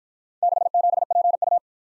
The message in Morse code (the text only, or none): 67PU